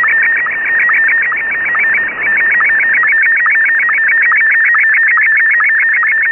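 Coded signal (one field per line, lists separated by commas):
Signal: SSTV (slow-scan television)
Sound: warbling tone around 1.8 kHz broken by rapid regular chirpy blips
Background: radio static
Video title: A complete SSTV QSO in 5 parts using RTL-SDR and QSSTV - Part 5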